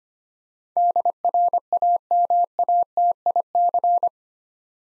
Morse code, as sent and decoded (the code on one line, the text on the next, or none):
-.. .-. .- -- .- - .. -.-.
DRAMATIC